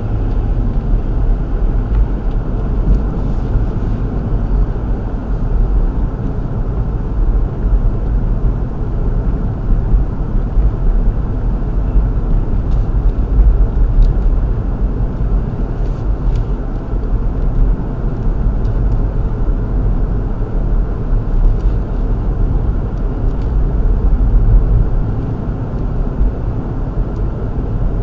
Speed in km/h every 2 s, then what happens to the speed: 40, 44, 45, 45, 45, 45, 45, 47, 45, 45, 45, 45, 45, 47.
0-28 steady at about 45.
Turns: none.